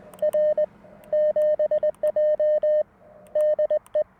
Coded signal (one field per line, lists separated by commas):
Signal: Morse code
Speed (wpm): 20 wpm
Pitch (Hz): 610 Hz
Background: none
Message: R 7J DE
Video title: Budget CW Ep. #2 - MTR4B, CW Morse, and 17' Whip at the Beach!